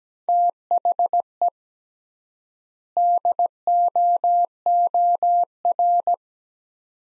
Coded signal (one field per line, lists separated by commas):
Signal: Morse code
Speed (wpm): 17 wpm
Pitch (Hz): 700 Hz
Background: none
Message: THE DOOR